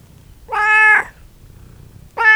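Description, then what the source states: Cat meowing, a loud harmonic meow lasting about half a second, followed by the start of a second meow near the end. Farmyard cat purring and meowing, with a fly present, at Görestanya farmstead.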